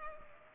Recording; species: mosquito wingbeat signal from an infrared sensor; Culex pipiens